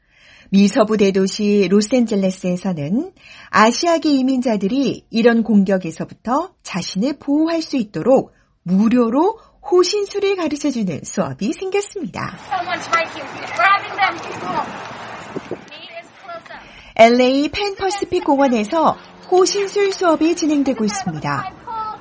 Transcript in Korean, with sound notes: 미 서부 대도시 로스앤젤레스에서는 아시아계 이민자들이 이런 공격에서 자신을 보호할 수 있도록 무료로 호신술을 가르쳐주는 수업이 생겼습니다.
[현장음: 팬 퍼시픽 공원]
LA 팬 퍼시픽 공원에서 호신술 수업이 진행되고 있습니다.